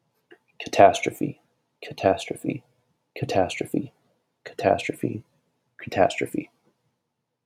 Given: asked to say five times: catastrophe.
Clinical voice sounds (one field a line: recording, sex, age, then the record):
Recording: repeated word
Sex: male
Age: 20 to 29 years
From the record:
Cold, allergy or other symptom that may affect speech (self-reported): no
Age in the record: 23 years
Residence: Ohio, United States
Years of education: 16